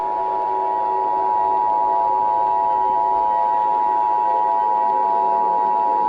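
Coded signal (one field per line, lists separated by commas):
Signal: Emergency Alert System (SAME) tones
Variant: 853 and 960 Hz attention tone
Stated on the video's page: Fictional EAS scenario for entertainment, not a real broadcast; may contain valid EAS tones.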